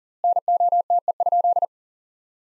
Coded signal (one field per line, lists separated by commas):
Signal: Morse code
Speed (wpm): 40 wpm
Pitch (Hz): 700 Hz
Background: none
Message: NOTE?